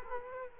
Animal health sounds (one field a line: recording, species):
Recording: mosquito wingbeat signal from an infrared sensor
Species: Culex quinquefasciatus